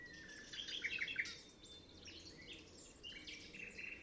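Nightingale song with a quick run of clear whistled and chattering notes, then softer varied phrases against a hissy background.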